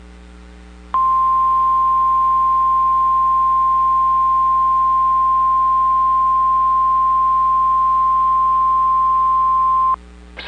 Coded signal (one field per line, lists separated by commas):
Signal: Emergency Alert System (SAME) tones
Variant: 1050 Hz attention tone